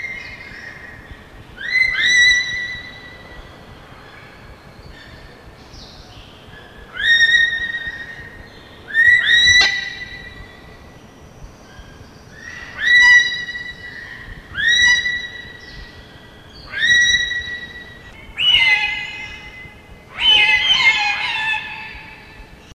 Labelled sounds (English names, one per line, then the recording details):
Purple-naped Lory call
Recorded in captivity
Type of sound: call
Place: Artis Zoo, NL
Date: 1976-09-08
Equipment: Halbspur, 9,5 cm/s
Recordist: Lütgens, Hans
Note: Rufe